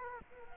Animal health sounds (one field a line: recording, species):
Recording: mosquito wingbeat signal from an infrared sensor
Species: Culex quinquefasciatus